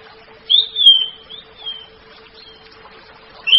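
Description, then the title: Orange-headed thrush song: a bright whistled phrase sliding down then wavering, a short gap, then another high note, over a steady low hum. "Anis Merah"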